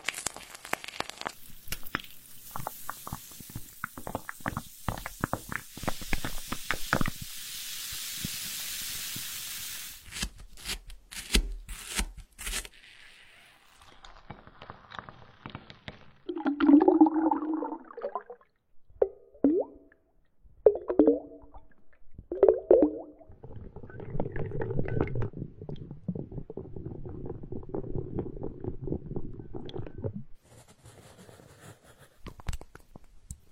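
Fingers tap through a hissing water flow for ten seconds, then wet smearing and tearing massage sounds come in low, irregular squelching bursts.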